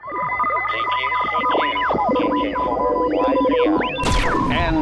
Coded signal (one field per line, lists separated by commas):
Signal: Morse code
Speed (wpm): 29 wpm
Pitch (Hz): 1000 Hz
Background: none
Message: DE KJ4YZI.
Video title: APRS Baofeng TNC Mobilinkd BEST PREPPER SOLUTION ham radio SHTF